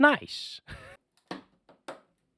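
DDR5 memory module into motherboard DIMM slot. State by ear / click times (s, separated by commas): seated / 1.3 s, 1.9 s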